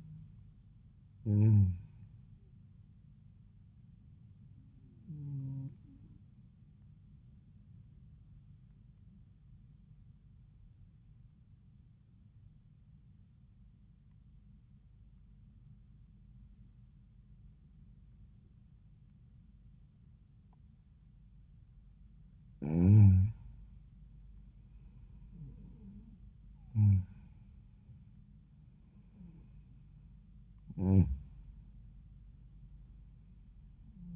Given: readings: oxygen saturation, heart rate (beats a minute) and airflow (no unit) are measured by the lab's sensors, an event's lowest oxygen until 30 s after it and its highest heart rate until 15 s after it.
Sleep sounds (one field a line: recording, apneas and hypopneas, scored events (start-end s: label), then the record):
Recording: breathing in sleep by a smartphone at the bedside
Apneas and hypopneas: 1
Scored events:
6.00-23.20 s: obstructive apnea (N1, oxygen 95% highest, then 88% lowest, heart rate 82 at the start, 83 highest)
From the record:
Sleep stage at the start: N1 (lightest sleep)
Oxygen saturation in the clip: 88 to 95%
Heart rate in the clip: 78 to 83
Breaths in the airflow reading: 4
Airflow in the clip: -4.7 to 6.6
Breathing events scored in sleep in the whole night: 400 in 8.7 hours asleep